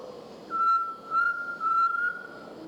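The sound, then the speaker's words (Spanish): A Colombian tinamou (chorola) gives a pure, steady whistle that repeats three times in quick succession, each note held at one even mid-high pitch, over a soft hiss of background noise. “El tinamú o chorola, una de las aves, quizá la más primitiva con que cuenta nuestra avifauna.”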